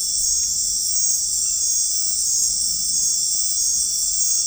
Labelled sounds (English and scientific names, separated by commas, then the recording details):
none
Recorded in dense forest near Puerto Asís, Putumayo, Colombia, on 13 March 2025 at 21:30
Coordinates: 0.503, -76.323
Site GP09